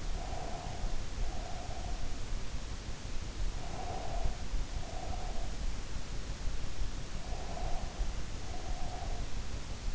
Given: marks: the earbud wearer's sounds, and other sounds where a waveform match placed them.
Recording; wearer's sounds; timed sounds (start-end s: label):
sounds in sleep by an in-ear microphone; breath
0.00-2.27 s: breath
3.46-5.73 s: breath
6.94-9.62 s: breath